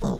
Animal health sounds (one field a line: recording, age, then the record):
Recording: pig call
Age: piglet (1 to 25 days)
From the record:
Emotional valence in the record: negative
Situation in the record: long isolation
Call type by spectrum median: low-frequency call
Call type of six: low-frequency stable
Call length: 0.20 s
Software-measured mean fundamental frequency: 61 Hz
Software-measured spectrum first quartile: 157 Hz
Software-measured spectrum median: 275 Hz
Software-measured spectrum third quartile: 664 Hz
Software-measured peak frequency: 191 Hz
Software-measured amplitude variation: 121 dB a second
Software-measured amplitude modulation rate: 12.6 a second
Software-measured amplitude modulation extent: 9.6 dB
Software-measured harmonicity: 1.9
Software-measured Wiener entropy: -0.90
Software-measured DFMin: 1430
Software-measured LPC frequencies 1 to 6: 3653, 4548, 5551, 6384, 7286, 7719 Hz